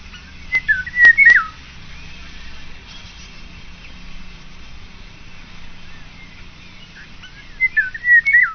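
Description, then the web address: Eurasian golden oriole song: short fluty, yodelling whistled phrases given twice, near the start and again at the end, separated by a quiet gap with faint background hiss. "sons Loriot"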